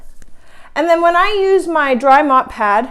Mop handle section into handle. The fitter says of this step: you will just put them together very very easily so it just snaps right in